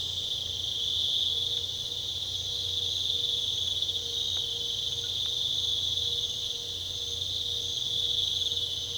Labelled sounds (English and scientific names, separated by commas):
none